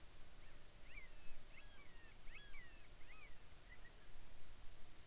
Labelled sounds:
bird
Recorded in the Arctic National Wildlife Refuge, Alaska, on 10 July 2019 at 18:20
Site 44

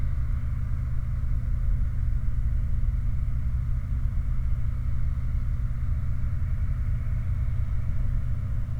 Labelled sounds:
machinery, flare stack
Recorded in the Prudhoe Bay oil fields, Alaska, on 29 July 2019 at 04:57
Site 29

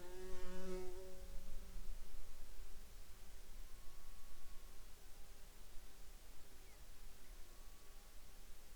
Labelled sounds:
insects, man-made sound
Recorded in the Arctic National Wildlife Refuge, Alaska, on 16 July 2021 at 09:46
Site 43

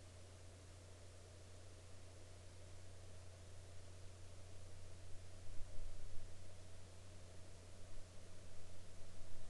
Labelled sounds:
near silence
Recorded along the Dempster Highway, Canada, on 3 May 2020 at 07:07
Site 13

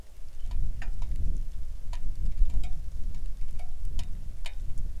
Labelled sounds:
wind, rain
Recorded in the Arctic National Wildlife Refuge, Alaska, on 3 August 2019 at 09:56
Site 41

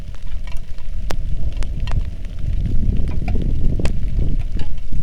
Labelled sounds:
wind, rain
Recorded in the Arctic National Wildlife Refuge, Alaska, on 3 August 2019 at 09:33
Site 46

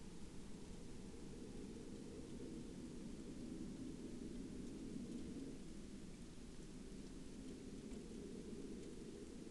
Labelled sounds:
rain, aircraft
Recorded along the Dempster Highway, Canada, on 28 September 2020 at 05:24
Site 25

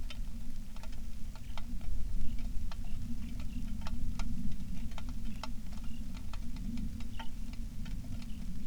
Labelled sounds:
songbird, wind, rain
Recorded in the Prudhoe Bay oil fields, Alaska, on 27 July 2019 at 18:12
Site 19

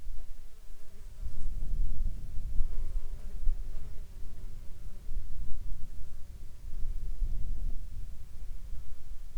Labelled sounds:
insects
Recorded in the Arctic National Wildlife Refuge, Alaska, on 20 June 2019 at 15:25
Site 33

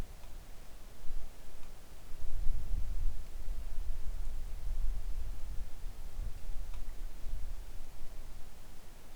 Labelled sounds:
wind, rain
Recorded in the Arctic National Wildlife Refuge, Alaska, on 3 August 2019 at 10:33
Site 41

